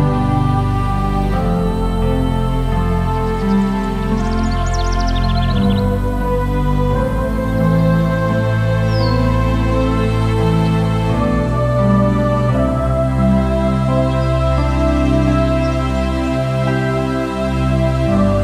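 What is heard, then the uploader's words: Soft, sustained music plays throughout, with layered held tones and a deep, steady low end that shifts chord every few seconds. A few bright bird chirps appear, a trilling run around five seconds and a short call near nine seconds, over the steady loudness. Morning Meditation (Birdsong). Soothing and relaxing music and bird song.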